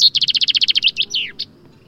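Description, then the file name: Common chaffinch song phrase: rapid, evenly spaced high notes, then a downward-sweeping end-flourish and a final short note. "Fringilla coelebs"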